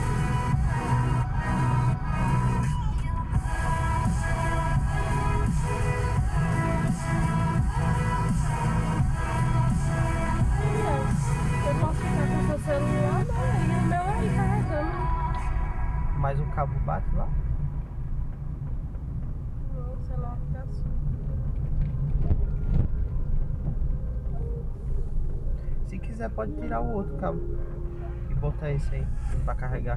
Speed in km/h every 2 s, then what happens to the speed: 23, 22, 19, 19, 21, 22, 22, 16, 14, 13, 15, 13, 9, 8, 9.
0-12 steady at about 22. 12-15 slows to 14. 15-21 steady at about 14. 21-25 slows to 8.